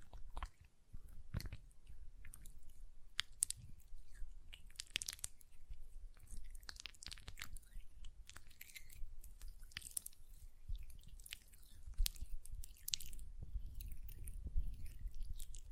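Hand sounds with nail tapping and lotion: a steady stream of soft, wet, squishy rubbing broken by frequent quick clicks and taps. The crisp taps come irregularly throughout, several per second at times, over a low rumbling bed, with one sharper tap near twelve seconds.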